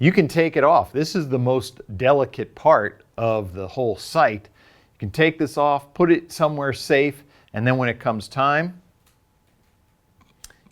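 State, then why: Seated. Someone talks while holding an Ultraview UV Slider bow sight, then slides the scope assembly back into the sight's quick-release mount. A sharp click is heard at 10.4 s as the scope seats and locks into the mount.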